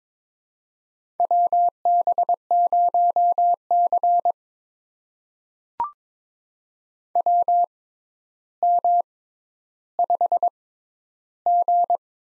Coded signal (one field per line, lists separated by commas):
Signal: Morse code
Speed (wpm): 22 wpm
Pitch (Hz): 700 Hz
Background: none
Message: WB0C WM5G